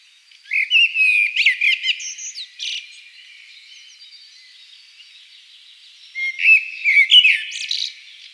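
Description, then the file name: Common blackbird singing two rich, whistled warbling phrases that end in squeaky high twitters, separated by about three seconds of quiet, faint twittering. "Turdus merula"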